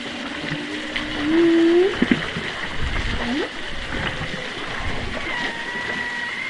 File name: zapsplat. whales humpback underwater distant east australia august choppy water movement